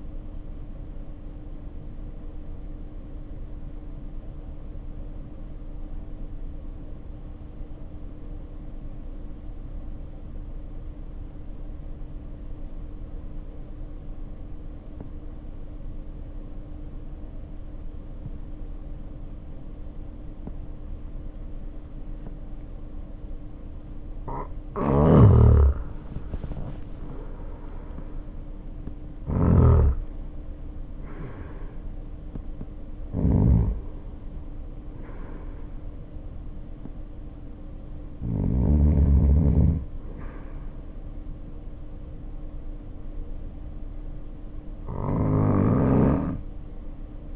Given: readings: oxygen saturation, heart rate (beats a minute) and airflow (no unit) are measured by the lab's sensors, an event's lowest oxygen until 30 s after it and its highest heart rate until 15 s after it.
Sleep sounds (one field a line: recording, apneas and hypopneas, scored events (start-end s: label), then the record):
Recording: breathing in sleep by a smartphone at the bedside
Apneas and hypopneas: 1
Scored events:
3.00-30.10 s: hypopnea (N2, oxygen 96% highest, then 82% lowest, heart rate 50 at the start, 65 highest)
25.00-47.36 s: new sleep stage, N1 (lightest sleep)
From the record:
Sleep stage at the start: N2 (light sleep)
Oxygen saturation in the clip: 84 to 96%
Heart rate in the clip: 47 to 65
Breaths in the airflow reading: 16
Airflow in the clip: -0.6 to 0.7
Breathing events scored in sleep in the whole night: 520 in 7.2 hours asleep